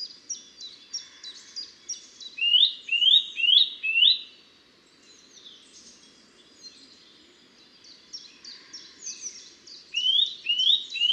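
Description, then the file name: Eurasian nuthatch calling: rapid runs of short high notes, then a series of four loud rising whistled notes, a quiet pause, and more rising whistles near the end. "Sitta europaea"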